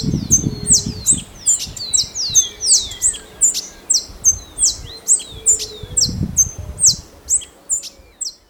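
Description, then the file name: Grey-throated warbling finch song: a fast run of high, sharp downslurred notes, repeated about two or three times a second, with a low rumble at start and near the end. Recorded at Las Cumbres de Punta Ballena, Uruguay. "Poospiza-cabanisi-Las Cumbresde Punta Ballena"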